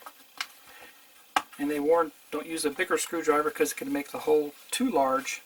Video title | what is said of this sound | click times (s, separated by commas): Agora Models Shelby GT500 Super Snake Pack 6 - 8 Stages Complete (39-46) | should just snap right in | 0.4 s, 1.4 s